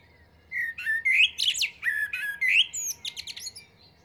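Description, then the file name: Common blackbird song: a low, fluted warbling phrase that runs into a burst of high, squeaky twittering notes, with a quiet steady background. "Turdus merula"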